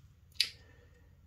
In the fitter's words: and as you retract out there and unlock